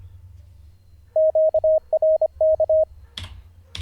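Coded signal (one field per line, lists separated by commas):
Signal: Morse code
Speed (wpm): 25 wpm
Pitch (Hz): 630 Hz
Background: none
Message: QRK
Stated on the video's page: A ham learning Morse, day 47 of daily ten-minute practice, live streamed.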